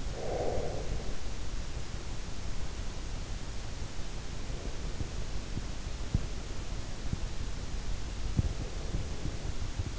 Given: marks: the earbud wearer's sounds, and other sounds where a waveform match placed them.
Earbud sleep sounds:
sounds in sleep by an in-ear microphone; breath
0.00-1.31 s: breath
8.05-9.97 s: breath

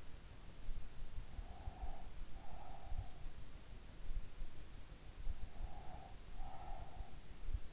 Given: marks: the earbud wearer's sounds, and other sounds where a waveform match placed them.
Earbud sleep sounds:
sounds in sleep by an in-ear microphone; breath
1.47-3.49 s: breath
5.59-7.26 s: breath

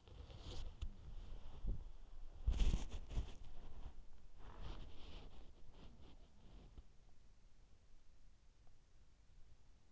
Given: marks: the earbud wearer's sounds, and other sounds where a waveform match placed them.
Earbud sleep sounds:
sounds in sleep by an in-ear microphone; body movement
0.00-7.15 s: body movement

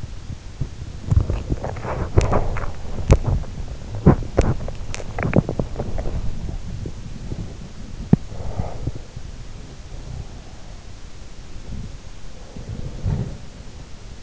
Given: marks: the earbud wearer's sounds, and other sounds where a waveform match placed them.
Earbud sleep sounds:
sounds in sleep by an in-ear microphone; body movement, breath
0.00-14.23 s: body movement
8.38-10.92 s: breath

